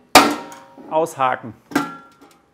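The metal side panel of a Profitec Drive espresso machine is pulled sideways and unhooked at the back, then at the front with light force. The front catch releases with a sharp metallic clang at 0.2 s, someone talks, and a second hit rings out near 1.8 s. The panel comes free.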